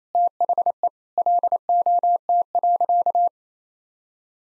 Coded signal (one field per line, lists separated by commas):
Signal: Morse code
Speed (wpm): 28 wpm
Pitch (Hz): 700 Hz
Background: none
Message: THE LOT.